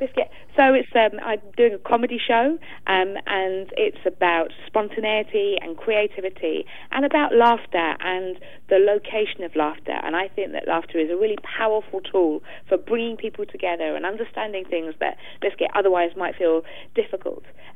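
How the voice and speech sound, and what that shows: A British adult woman speaks fluently at a steady pace, but mid-sentence she interjects the unrelated word "biscuit" once, one of her most common tics. This is a complex vocal tic of Tourette syndrome, an inherited neurological condition causing involuntary movements and noises. Her tics began around age six, were milder in childhood and intensified in her early twenties.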